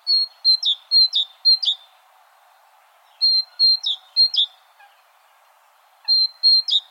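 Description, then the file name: Great tit's ringing see-saw phrase in three bursts, each of a few rapid pairs with a steady high note falling to a lower slur, with pauses between. "Parus major"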